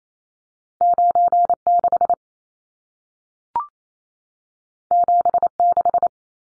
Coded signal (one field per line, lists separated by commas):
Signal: Morse code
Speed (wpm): 28 wpm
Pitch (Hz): 700 Hz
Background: none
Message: 96 76